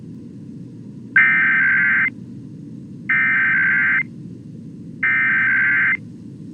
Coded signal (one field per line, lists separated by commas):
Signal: Emergency Alert System (SAME) tones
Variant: header bursts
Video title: EAS 3627-3630: KLOVE EAS Test + Relays